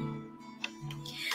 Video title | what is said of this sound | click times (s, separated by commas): Kraft Magic with Prismacolor Pencils - Stamp and Chat Live | and we want it to drop in and snap in | 0.6 s